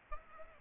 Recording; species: mosquito wingbeat signal from an infrared sensor; Aedes aegypti